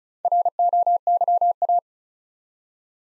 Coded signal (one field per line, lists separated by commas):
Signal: Morse code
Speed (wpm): 36 wpm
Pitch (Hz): 700 Hz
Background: none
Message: ROYA